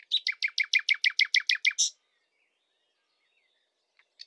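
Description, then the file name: Common nightingale phrase: about eleven loud, evenly spaced notes delivered rapidly, ending in a short buzzy burst, then near silence with a couple of faint clicks. "Luscinia megarhynchos"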